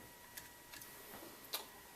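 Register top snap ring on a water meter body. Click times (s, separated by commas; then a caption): 0.4 s, 1.5 s. An i8 electronic register is slid into a Metron water meter housing, and its top snap ring is pressed down onto the meter body. Two short, sharp clicks sound at 0.4 s and 1.6 s over a quiet steady hum, the second louder. The top snap ring snaps into place and the register is seated.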